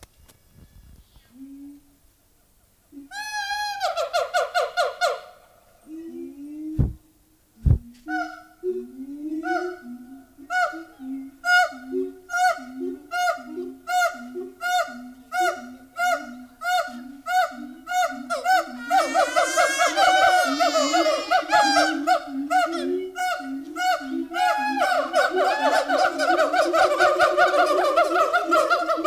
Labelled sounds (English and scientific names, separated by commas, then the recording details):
Siamang (Symphalangus syndactylus)
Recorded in captivity
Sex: group
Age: diverse
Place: Zoo Berlin, Berlin, DE
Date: 2000-09-07 14:45
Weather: heiter, 16°C
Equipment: Nagra SN, Kopie Uher 4000 Report Monitor
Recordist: Tembrock, Günter